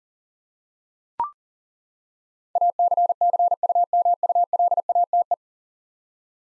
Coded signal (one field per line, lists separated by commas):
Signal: Morse code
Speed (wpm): 40 wpm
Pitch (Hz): 700 Hz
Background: none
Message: ACCUMULATE